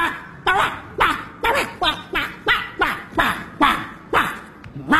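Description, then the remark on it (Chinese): A man's voice imitates a dog, letting out about ten sharp, loud barks in a steady, evenly spaced rhythm with no other talking; a security guard in a comedy sketch barks at a dog in a residential compound so that it will understand him. “那看见了吧，掌握一门外语是多么的重要。”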